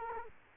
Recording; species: mosquito wingbeat signal from an infrared sensor; Culex quinquefasciatus